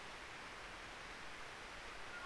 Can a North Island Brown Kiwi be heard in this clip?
no